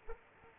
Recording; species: mosquito wingbeat signal from an infrared sensor; Aedes aegypti